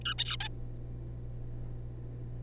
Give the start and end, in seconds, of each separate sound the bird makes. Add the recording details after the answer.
0.01-0.15, 0.19-0.37, 0.40-0.49. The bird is a juvenile. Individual R3549